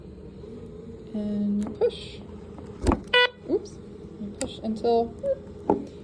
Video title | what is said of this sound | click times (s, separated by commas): HVAD system | until it clicks and then it's hooked up again | 5.7 s